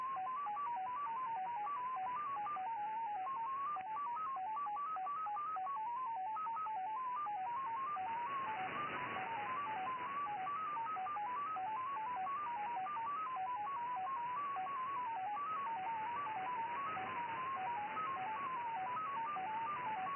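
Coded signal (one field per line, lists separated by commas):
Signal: numbers station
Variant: XPA MFSK 10 baud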